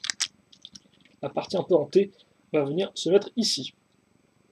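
A small plastic brick piece is pressed into a plastic brick model assembly during a Star Wars JEK-14's Stealth Starfighter build. It seats with a sharp snap at 0.2 s, surrounded by small clicks near 0.0, 0.1, 0.5, 0.7 and 0.8 s. Someone then talks.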